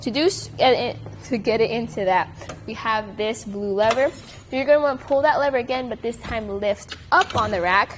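Someone talks while handling a RockyMounts MonoRail Solo hitch-mounted platform bike rack on a 2019 Honda Accord, pulling its blue release lever again and lifting up on the metal rack to fold it into its compact portable position. Faint metallic clinks are heard under the talk. The tilt latch that locks the folded platform on the hitch shank has not snapped into place yet.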